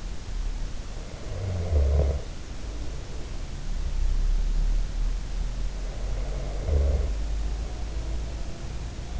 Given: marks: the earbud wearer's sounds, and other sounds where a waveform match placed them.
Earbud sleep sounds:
sounds in sleep by an in-ear microphone; snoring breath
1.17-3.97 s: snoring breath
5.71-9.20 s: snoring breath

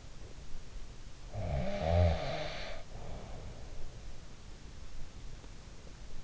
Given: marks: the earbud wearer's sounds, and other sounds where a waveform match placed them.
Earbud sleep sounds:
sounds in sleep by an in-ear microphone; snoring breath
1.14-4.12 s: snoring breath

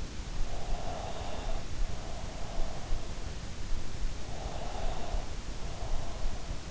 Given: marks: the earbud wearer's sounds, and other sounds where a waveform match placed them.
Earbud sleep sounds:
sounds in sleep by an in-ear microphone; breath
0.54-2.80 s: breath
4.29-6.36 s: breath

